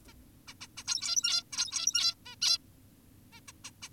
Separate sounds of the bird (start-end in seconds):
0.08-0.14, 0.48-0.54, 0.61-0.68, 0.78-0.84, 0.88-1.44, 1.52-2.15, 2.26-2.36, 2.42-2.58, 3.33-3.40, 3.48-3.52, 3.64-3.71, 3.82-3.89